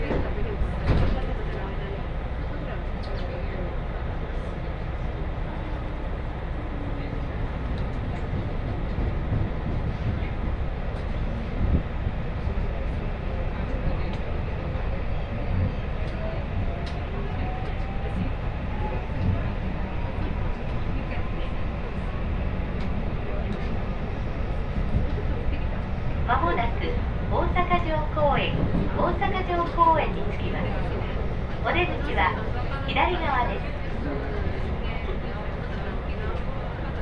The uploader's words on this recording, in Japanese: 耳で楽しむ鉄道旅 ＪＲ難波→新今宮→京橋→鴫野。大阪環状線の内回り電車に乗り換えて京橋に向かいます。